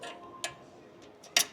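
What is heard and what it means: Snap fasteners on the fabric cover of a Kammok Crosswing roof awning on a 2026 Toyota 4Runner TRD Off-Road are pressed back into place after the awning is slid in and locked. Two sharp snap clicks sound at 0.4 s and 1.4 s, with a fainter tick near 1.2 s. The cover snaps close and is seated.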